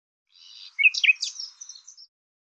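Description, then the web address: Bird song: one short, high phrase of thin chirps and a few sharper notes, quickly fading, with silence around it. "Deverinetal 2025"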